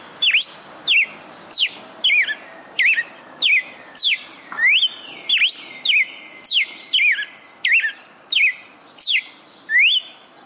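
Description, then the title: Red-cowled cardinal song: bright whistled notes that sweep sharply up and down, repeated steadily in a lively series. Female bird singing, recorded in Fortaleza-CE. "Canto Galo Campina Fêmea. Galo de Campina "o canto perfeito" Fortaleza-CE"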